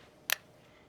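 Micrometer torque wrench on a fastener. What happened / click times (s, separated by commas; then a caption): The torque wrench clicked at its set torque / 0.3 s. A micrometer (click-type) torque wrench is tightened on a fastener until it reaches its set torque and gives one short, sharp metallic click at 0.3 s. The click signals that the set torque is reached and tightening should stop.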